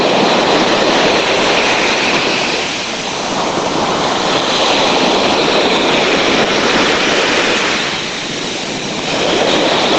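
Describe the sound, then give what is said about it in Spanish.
Ocean waves break into foam at the recordist's feet in a steady, loud, hissing roar that swells and eases twice over ten seconds, with no voices present. “Efectivamente, lo que se escucha son olas rompiendo en mis pies, convertidas en espuma.”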